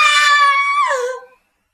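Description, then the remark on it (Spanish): A loud, high-pitched scream of women's voices holds a shrill sustained note for about a second, then slides down in pitch and cuts off, with no talking. “¿Qué son esos gritos? Son gritos de mujeres.”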